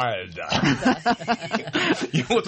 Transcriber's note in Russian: все смеются